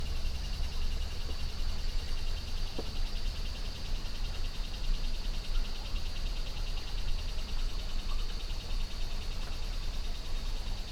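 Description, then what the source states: Insect chorus as a continuous high, finely pulsed buzz without clear swells, above a low steady rumble of running water. Insect chatter swelling in Costa Rica jungle rainforest beside a river at 06:32 AM; recorded with a Holophone.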